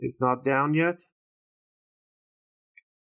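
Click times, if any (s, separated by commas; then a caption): 2.8 s. Replacement battery or its connector for an ASUS X509M X509MA BR407TS laptop, a 7.6 volt battery, being pressed down into place during installation. Someone talks for the first second, then after a silence a single sharp click at 2.8 s marks the part seating, with a half-millimetre adjustment after seating.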